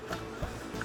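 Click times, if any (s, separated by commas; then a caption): none. An illuminated rocker switch is handled as it is brought to its opening in a 3D-printed plastic remote housing, making faint handling noises with a brief sharp tick near 0.8 s. The switch has not yet snapped into place; nothing has seated or clicked yet.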